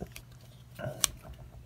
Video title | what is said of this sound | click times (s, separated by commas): Salvation Elephant Toe Knife | it does lock | 1.0 s